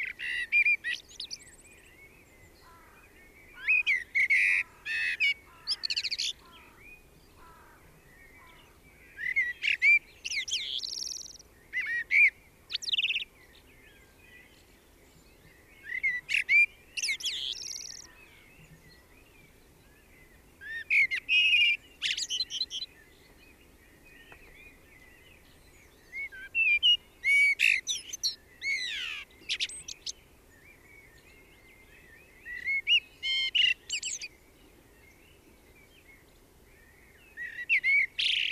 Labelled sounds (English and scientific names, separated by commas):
Common Blackbird (Turdus merula) song